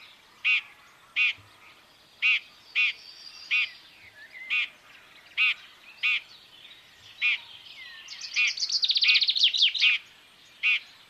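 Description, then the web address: Common chaffinch giving short, sharp call notes about once a second, then a fast trill near the end. "Deverinetal 2025 File origin Bird Only Fr Co"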